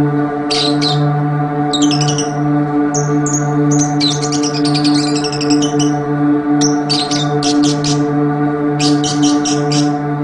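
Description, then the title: Oriental magpie-robin delivering fast twittering runs, whistled notes and dense rattling bursts in quick succession, over a persistent low hum. "Kicau Kacer"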